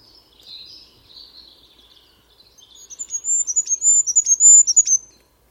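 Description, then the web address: Bird heard first with soft, lower wavering twitters, then a loud burst of very high, rapid chirping notes for about two seconds. "Bird Only"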